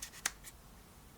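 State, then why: Seated. A plastic bayonet lens hood is twisted onto the front of a kit zoom lens. A brief scrape is heard at the start and fainter rustles follow. A sharp click at 0.3 s marks the hood snapping into its locked position.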